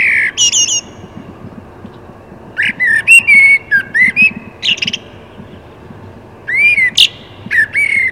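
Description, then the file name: Common blackbird giving several short whistled and squeaky notes in uneven phrases. "Turdus merula"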